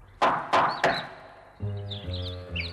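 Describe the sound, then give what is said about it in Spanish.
Three sharp, hollow knocks on the door of the young goats' cabin in a steady rhythm, followed by a low humming tone while birds chirp faintly. “Los cabritos están jugando tranquilamente cuando escuchan golpear a la puerta.”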